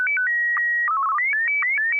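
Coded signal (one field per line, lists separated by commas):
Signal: SSTV (slow-scan television)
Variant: Martin 1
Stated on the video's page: Weekly SSTV net on an FM repeater on 441.300 MHz.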